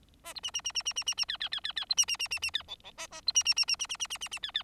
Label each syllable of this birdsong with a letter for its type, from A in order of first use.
A B C C C C C C C C D D D D D B C C C C C D E E A A B C C C C C C C C C C D D